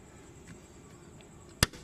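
A fuel line quick connector is pushed onto the fuel filter port of a Bolero Power Plus and snaps home with one sharp, loud click at 1.6 s, confirming it is seated. Before that there is only faint low background noise and a steady high-pitched tone.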